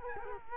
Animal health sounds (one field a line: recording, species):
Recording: mosquito wingbeat signal from an infrared sensor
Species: Culex quinquefasciatus